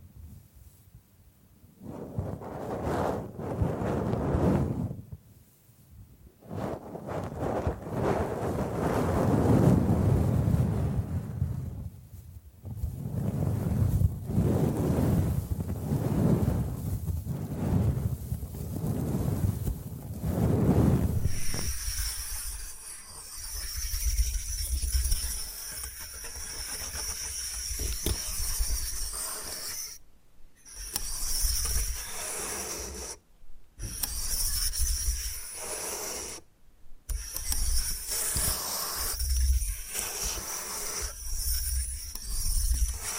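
Bamboo being brushed and scratched in long rough sweeps for the first twenty seconds, each stroke swelling and fading with short gaps between. After that the sound turns thinner and steadier, with a high whistling tone, occasional light taps, and three abrupt silent breaks near the end.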